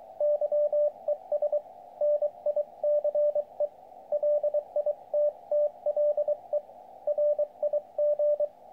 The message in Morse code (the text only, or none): YES NICE LITTLE RIG